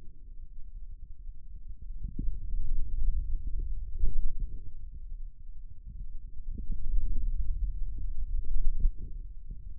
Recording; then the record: forearm muscle sounds (acoustic myography)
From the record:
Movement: pen grasping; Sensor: system 2, bracelet of six BSWA MPA416 microphones around the upper forearm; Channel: 6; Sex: male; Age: 22 years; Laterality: right